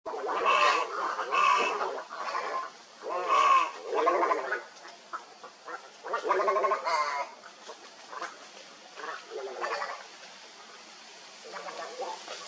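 Heron calls, nasal and harmonic, given in loud bursts, then softer overlapping calls later.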